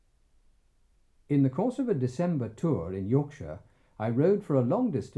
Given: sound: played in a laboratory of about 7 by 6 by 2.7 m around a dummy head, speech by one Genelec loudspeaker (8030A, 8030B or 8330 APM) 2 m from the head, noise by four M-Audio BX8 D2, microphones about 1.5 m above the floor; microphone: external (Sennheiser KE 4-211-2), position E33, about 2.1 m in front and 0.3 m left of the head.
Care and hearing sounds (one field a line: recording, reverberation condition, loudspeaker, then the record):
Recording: male speech in English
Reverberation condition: low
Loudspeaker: in front (0 degrees)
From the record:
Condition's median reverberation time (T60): about 310 ms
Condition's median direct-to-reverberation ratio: about 3.5 dB